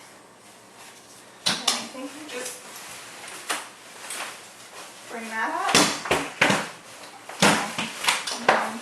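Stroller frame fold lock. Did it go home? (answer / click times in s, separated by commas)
yes / 8.5 s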